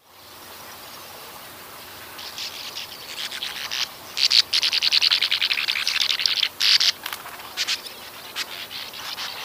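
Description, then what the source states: Bank Swallow calls: harsh, buzzy rattling bursts, quiet at first, then dense rapid chatter in uneven clusters to the end. Call likened to the rough-winged swallow's laser-gun call but lower, harsher and more mechanical, like an old-fashioned receipt-printing calculator.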